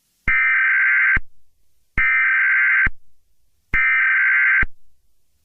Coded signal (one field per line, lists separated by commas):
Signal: Emergency Alert System (SAME) tones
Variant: header bursts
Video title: EAS Scenarios #78-79: Cyberattack!!!